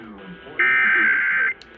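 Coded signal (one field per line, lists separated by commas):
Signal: Emergency Alert System (SAME) tones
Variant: header bursts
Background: speech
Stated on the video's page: Texas Required Monthly Test as broadcast on Dallas/Fort Worth radio and television stations.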